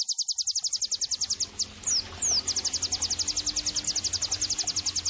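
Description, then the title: White-eye giving rapid, even high trills, briefly broken by two sweeping slurred notes before the trill resumes; quiet low hum underneath. Vigorously singing ('gacor') white-eye offered as bird-training (masteran) and therapy audio. "Pleci Gacor. terapi pleci dextro 87 plus masteran kenari sahdu"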